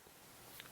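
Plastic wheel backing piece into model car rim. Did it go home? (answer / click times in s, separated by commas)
yes / 0.6 s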